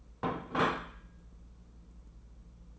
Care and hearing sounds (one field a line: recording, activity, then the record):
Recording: daily activity, microphone in the room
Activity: place plate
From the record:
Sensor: 1